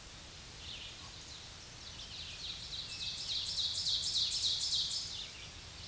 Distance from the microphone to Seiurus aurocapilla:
about 30 m